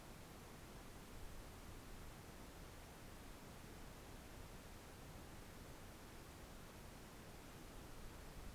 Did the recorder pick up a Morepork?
no